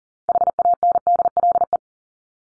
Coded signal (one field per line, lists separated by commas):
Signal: Morse code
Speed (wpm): 40 wpm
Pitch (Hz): 700 Hz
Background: none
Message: HANDLE